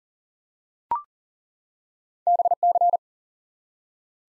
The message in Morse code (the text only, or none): BC